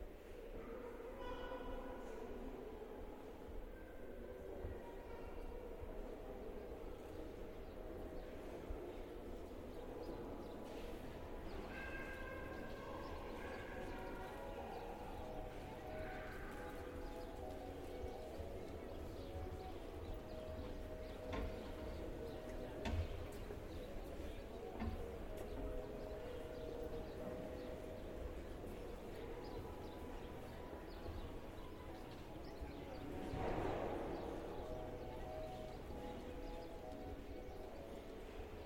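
Street ambience on a residential road in Geneva, with a steady low rumble of traffic or a passing train filling the whole recording. Voices and short tonal sounds come and go through the middle, and a brief louder swell arrives around thirty-four seconds.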